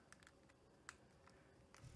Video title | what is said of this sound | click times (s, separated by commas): Zune Battery Replacement | looks like it's snapped into place which it does | 0.9 s